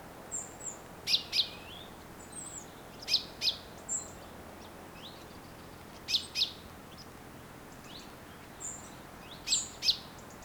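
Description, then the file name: Common chaffinch calls: sharp, short metallic notes mostly given in pairs every few seconds, with faint high thin notes between them. "Fringilla coelebs"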